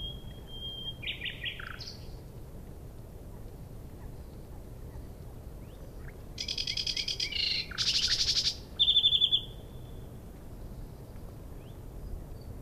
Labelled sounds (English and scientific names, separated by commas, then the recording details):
Sedge Warbler (Acrocephalus schoenobaenus) song
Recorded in the wild
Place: Schwedt/Oder, Nationalpark Unteres Odertal, Brandenburg, DE
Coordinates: 53.1126, 14.3726
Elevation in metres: 1
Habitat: bush
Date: 2015-04-23 03:56
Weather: clear, 3°C, almost windless
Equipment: Sound Devices 702, Sennheiser MKH 70, Rycote Windschutz
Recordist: Frommolt, Karl-Heinz